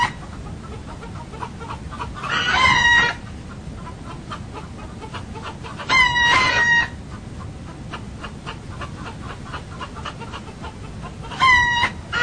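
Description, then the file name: Rooster crowing, three long harmonic crows spaced a few seconds apart, the last cut off at the end, over a steady low background hum. Several roosters crowing, recorded 2 October 2007. "galli cantano da gallina 2 ott 2007"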